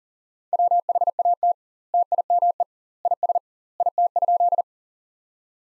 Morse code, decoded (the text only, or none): WHAT TIME IS IT?